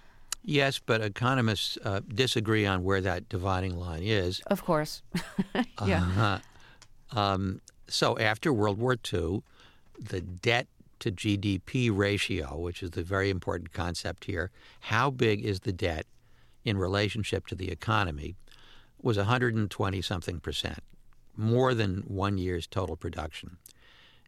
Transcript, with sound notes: Yes, but economists disagree on where that dividing line is.
Of course (laughter) yeah.
So after World War II, the debt-to-GDP ratio, which is the very important concept here, how big is the debt in relationship to the economy? It was 120-something percent, more than one year's total production.